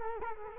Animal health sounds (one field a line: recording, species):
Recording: mosquito wingbeat signal from an infrared sensor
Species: Culex quinquefasciatus